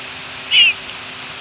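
Rose-breasted grosbeak: a single short high squeaky note against steady hiss.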